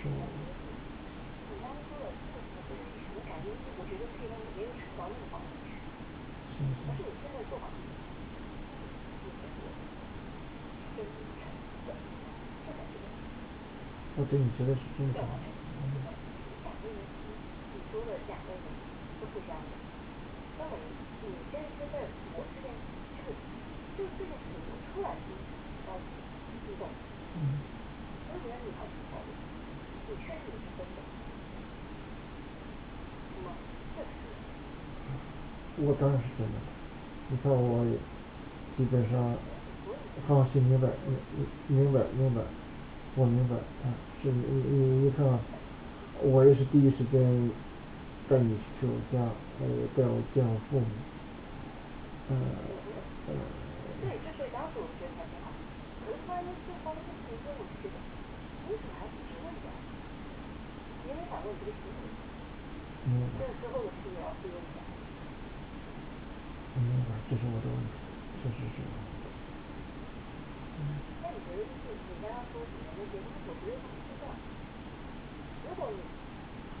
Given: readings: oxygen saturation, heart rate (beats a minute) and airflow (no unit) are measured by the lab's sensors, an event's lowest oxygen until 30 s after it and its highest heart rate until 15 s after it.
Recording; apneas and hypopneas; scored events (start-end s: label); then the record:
a person awake in a sleep study, by a voice recorder at the bedside; none
0.00-76.80 s: awake
From the record:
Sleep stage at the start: awake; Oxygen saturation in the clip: 94 to 95%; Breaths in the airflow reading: 23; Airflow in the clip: -5.2 to 7.0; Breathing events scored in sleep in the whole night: 216 in 7.0 hours asleep